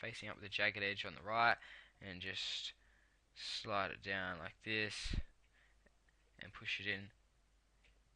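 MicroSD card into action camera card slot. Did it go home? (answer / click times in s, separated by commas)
no / none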